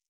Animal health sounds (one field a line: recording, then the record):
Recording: hydrophone in a shrimp aquaculture tank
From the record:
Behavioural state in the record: stressed